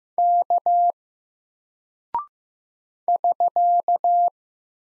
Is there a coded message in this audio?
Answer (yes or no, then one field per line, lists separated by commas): yes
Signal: Morse code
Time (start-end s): 0.2-4.3 s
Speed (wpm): 15 wpm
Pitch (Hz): 700 Hz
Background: none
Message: K <SK>